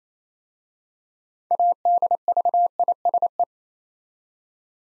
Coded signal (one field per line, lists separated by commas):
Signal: Morse code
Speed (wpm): 27 wpm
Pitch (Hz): 700 Hz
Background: none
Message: ADVISE